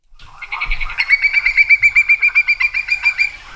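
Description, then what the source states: Hudsonian Whimbrel call: a rapid, even series of many clear whistled notes on one pitch, like a quick tittering trill. Migratory birds arriving on Cape Cod and the Islands; scientists will look for juveniles to fit with satellite tags.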